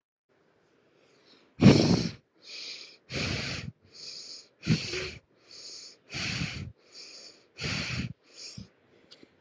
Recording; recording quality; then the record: deep breathing; excellent, no background noise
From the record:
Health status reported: COVID-19 positive, mild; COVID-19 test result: positive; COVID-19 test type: RT-PCR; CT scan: not taken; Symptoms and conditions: cough, cold, fever, fatigue, muscle pain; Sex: female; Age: 26 years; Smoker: no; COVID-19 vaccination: both doses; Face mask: not worn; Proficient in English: yes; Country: India